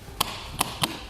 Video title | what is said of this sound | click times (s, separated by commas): etrailer - In-Depth Review of the Thule SnowPack Ski and Snowboard Carrier | as we do this you're gonna have three audible clicks | 0.2 s, 0.6 s, 0.8 s